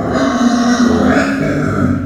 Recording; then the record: squeal of a Yucatan mini pig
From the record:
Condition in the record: after surgery on the right vocal fold (resection and tissue-engineered implant); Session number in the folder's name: 9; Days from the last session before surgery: 65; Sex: female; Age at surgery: 19 weeks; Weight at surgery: 25 kg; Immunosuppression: prednisolone